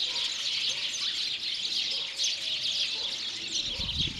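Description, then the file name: House sparrow chirps in a steady busy chorus of bright overlapping notes, with a short low rumble near the end. "Passer domesticus"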